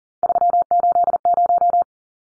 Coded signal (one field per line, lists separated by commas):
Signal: Morse code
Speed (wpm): 40 wpm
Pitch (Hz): 700 Hz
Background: none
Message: 380